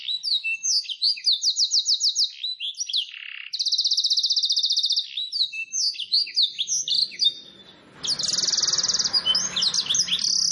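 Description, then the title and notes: Domestic canary song with long steady rolling trills between quick chirped and swept notes, a short gap, then the singing resumes. Long continuous canary song used as a lure and as tutoring material for training wild canaries. "Pikat Kenari GACOR PANJANG INI Cocok Untuk Masteran KENARI LIAR. Masteran burung kenari gacor parah"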